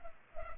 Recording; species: mosquito wingbeat signal from an infrared sensor; Culex pipiens